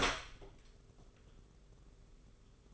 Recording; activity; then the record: daily activity, microphone in the room; open door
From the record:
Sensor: 4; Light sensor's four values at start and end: 9/22/8/9 and 15/36/14/16